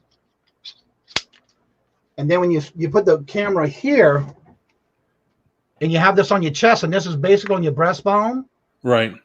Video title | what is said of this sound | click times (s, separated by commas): You can enjoy Morning Kaw`fee Live Show | and then you basically do the body this snaps in place | 1.2 s